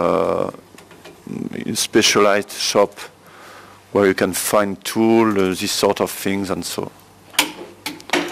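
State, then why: Torque reached. A torque wrench set to 6.5 kg·m tightens a metal post on a turntable assembly while someone talks. The wrench releases with sharp clicks at about 7.4, 7.9 and 8.1 seconds, showing the set torque is reached and the post is correctly attached.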